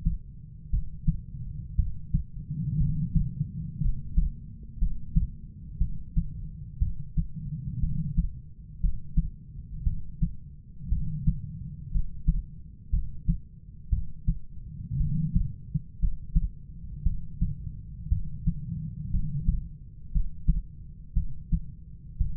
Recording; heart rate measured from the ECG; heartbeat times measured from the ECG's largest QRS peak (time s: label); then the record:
heart sounds by stethoscope; 59 bpm
0.70 s: heartbeat
1.76 s: heartbeat
2.77 s: heartbeat
3.81 s: heartbeat
4.78 s: heartbeat
5.78 s: heartbeat
6.79 s: heartbeat
7.80 s: heartbeat
8.80 s: heartbeat
9.83 s: heartbeat
10.89 s: heartbeat
11.91 s: heartbeat
12.90 s: heartbeat
13.89 s: heartbeat
14.97 s: heartbeat
15.99 s: heartbeat
17.03 s: heartbeat
18.09 s: heartbeat
19.10 s: heartbeat
20.11 s: heartbeat
21.13 s: heartbeat
22.17 s: heartbeat
From the record:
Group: healthy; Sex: female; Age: 37 years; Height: 168 cm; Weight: 70 kg